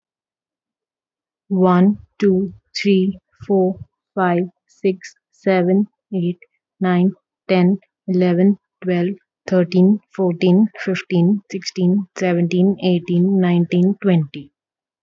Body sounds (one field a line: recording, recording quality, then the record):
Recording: counting at a normal pace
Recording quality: excellent, no background noise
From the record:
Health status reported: healthy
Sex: female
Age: 25 years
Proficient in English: yes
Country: India